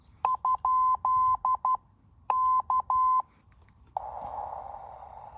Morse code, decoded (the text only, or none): ? K